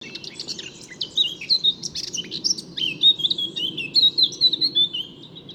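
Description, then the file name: Eurasian blackcap giving a high, warbling stream of quick chattering notes, ending in clearer fluting phrases, over a low steady background rumble. "Sylvia atricapilla"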